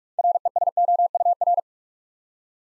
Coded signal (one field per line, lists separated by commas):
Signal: Morse code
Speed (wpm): 44 wpm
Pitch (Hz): 700 Hz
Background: none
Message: RESOUR